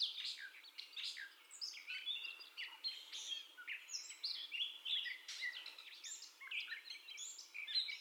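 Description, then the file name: Gray catbird song: a rambling, unbroken stream of varied squeaky, mewing and chattering phrases, high-pitched and quickly changing, with no pauses. First song, recorded 30 May 2021. "2021-05-30 Catbird First Song"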